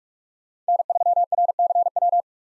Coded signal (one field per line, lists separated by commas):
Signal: Morse code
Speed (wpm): 46 wpm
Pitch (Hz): 700 Hz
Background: none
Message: N3RCW